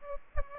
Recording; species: mosquito wingbeat signal from an infrared sensor; Aedes aegypti